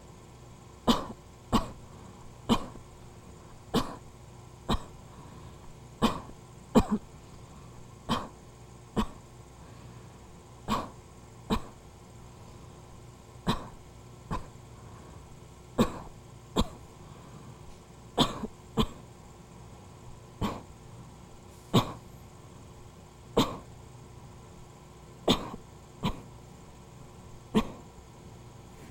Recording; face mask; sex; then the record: voluntary coughing; surgical mask; female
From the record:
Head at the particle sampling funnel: facing it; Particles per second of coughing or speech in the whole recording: 0